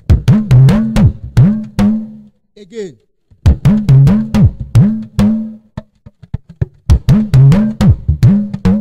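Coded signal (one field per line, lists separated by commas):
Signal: talking drum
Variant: Yoruba dùndún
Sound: sharp drum strokes in rhythmic phrases, low pitch rising and falling between strokes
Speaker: the pr means things of such will keep reoccurring so it it should be like a spell when we say death to keep reoccurring one's house so playing it at the barrier ceremony will be very wrong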